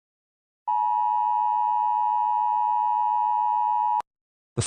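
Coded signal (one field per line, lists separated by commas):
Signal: Emergency Alert System (SAME) tones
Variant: 853 and 960 Hz attention tone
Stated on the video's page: Fictional EAS scenario based on the film Scream, made with text-to-speech.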